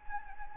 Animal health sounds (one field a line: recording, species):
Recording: mosquito wingbeat signal from an infrared sensor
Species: Anopheles gambiae